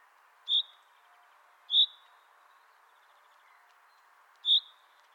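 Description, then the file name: Common chaffinch giving three sharp high call notes spaced unevenly, the last after a longer pause, over a steady background hiss. "Fringilla coelebs"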